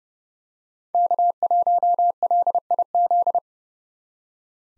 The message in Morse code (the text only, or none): K1LIZ